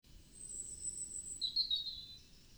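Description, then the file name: European robin uttering a drawn-out, very high, thin note followed by a lower twittering flourish, with a faint rumbling background. "Erithacus rubecula"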